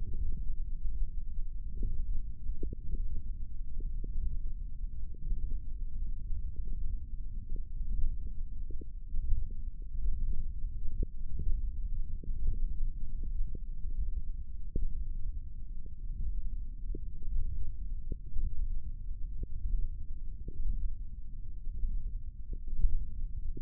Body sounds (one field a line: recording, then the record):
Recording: forearm muscle sounds (acoustic myography)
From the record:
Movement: ulnar deviation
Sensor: system 1, eight BSWA MPA416 microphones around the upper forearm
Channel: 5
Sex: female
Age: 22 years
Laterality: right